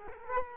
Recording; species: mosquito wingbeat signal from an infrared sensor; Culex quinquefasciatus